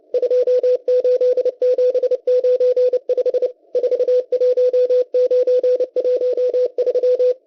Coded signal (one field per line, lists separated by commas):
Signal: Morse code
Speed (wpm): 29 wpm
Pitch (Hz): 500 Hz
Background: radio noise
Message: 28795 41913